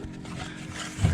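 A plastic push-pin retaining clip for the rear body panel section of a Yamaha Majesty YP400 scooter is handled and pressed toward its hole in the body panel with a finger, producing soft low rustling and handling noise that swells near the end of the clip. Nothing has seated or clicked yet.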